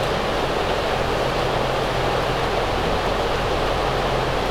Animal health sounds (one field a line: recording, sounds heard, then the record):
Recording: poultry house recording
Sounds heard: no chicken sound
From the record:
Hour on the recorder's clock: 8